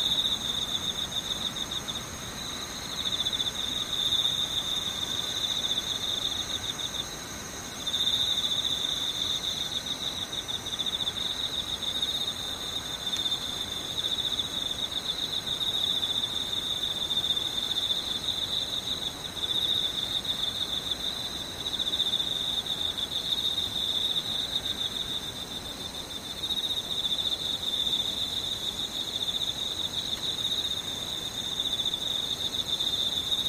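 Insects chirr in a steady, continuous high-pitched trill throughout, with a brief dip near eight seconds over a faint low rumble.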